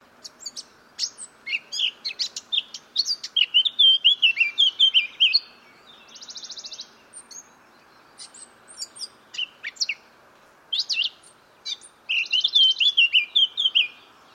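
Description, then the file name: Eurasian blackcap singing two phrases, each opening with hurried scratchy chatter and ending in rich, clear fluty whistles, with short buzzy notes mixed in. "Sylvia atricapilla"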